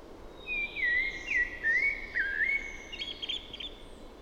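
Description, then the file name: Common blackbird with one long fluty phrase of looping whistles, finishing in a quieter, squeaky high flourish. "Turdus merula"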